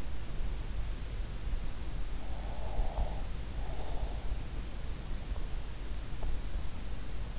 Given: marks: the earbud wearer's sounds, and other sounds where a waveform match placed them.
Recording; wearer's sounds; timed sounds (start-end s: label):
sounds in sleep by an in-ear microphone; breath
2.16-4.18 s: breath